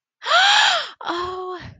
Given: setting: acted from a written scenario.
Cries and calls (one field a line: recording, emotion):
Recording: vocal sound without words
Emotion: positive surprise